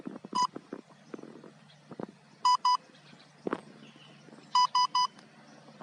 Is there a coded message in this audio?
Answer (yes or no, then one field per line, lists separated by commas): no